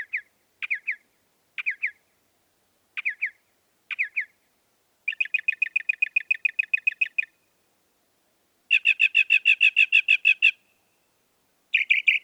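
Northern mockingbird song: short paired chirps repeated about once a second, then long rapid trills of sharp repeated notes, each phrase changing in tone.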